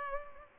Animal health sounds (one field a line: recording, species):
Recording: mosquito wingbeat signal from an infrared sensor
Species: Culex pipiens